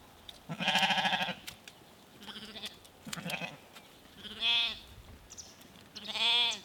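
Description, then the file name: Sheep bleating, several wavering bleats of differing pitch, some long and quavering, others short, spread across a few seconds. Small herd of sheep in Norway. "Sheep From Small Herd In Norway"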